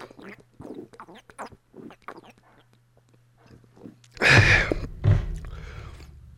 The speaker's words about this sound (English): Right, I'm opening the blue one. Right, I'm having a Lauenbrau München beer. This is what you can munch on. And it's all in German, so I can't tell you the ingredients, but it's beer, isn't it? Right, let's have a blast on this.